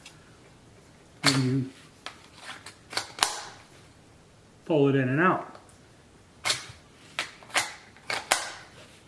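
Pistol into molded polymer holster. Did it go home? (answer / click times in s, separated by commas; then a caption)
yes / 3.2 s. A Taurus GX4 pistol is pushed into an MFT molded polymer minimalist holster and locks in with an audible snap at 3.2 s, among several other sharp clicks and plastic handling noises. Someone talks in two short bursts between the clicks.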